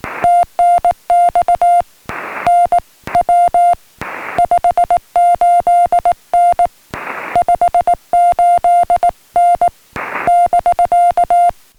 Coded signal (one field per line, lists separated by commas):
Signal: Morse code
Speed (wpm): 18 wpm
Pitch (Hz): 700 Hz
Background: music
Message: TNX NW 58N 58N <BK>